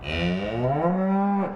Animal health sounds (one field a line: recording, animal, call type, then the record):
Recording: contact call of a hoofed animal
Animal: cattle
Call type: low-frequency (closed-mouth) or high-frequency (open-mouth) call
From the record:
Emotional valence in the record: negative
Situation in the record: full separation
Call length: 1.55 s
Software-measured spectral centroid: 1190 Hz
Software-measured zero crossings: 1130 a second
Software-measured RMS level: -24 dBFS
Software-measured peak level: -9 dBFS